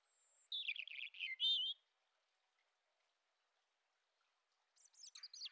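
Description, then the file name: European robin song: a rich, twittering phrase with rolling trills and a clear whistled ending, then a long silence before a scratchy, high-pitched phrase begins. "Erithacus rubecula"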